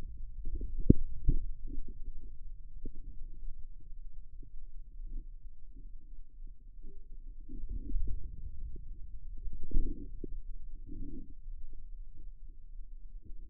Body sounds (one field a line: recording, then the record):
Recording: forearm muscle sounds (acoustic myography)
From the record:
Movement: inward rotation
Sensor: system 2, bracelet of six BSWA MPA416 microphones around the upper forearm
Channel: 4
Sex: male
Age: 22 years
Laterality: right